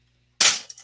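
The grey release buttons on an embroidery hoop frame sitting in the hoop holder are hit to open the frame, giving a loud plastic snap at 0.4 s followed by two faint clicks as it settles. The frame is released.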